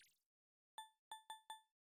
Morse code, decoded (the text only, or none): none